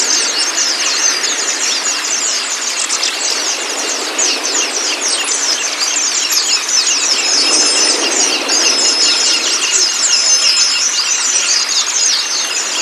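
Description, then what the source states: White-eye song, a dense, continuous stream of high, rapid twittering and chirping notes overlapping throughout, with no pauses. Indonesian 'terapi buka paruh' therapy recording meant to get a white-eye to open its beak and sing; a 'masteran' training track.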